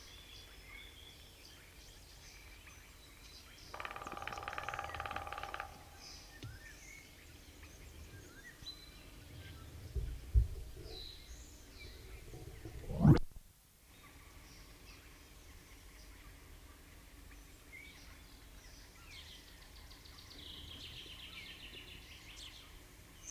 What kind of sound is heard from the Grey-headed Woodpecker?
drumming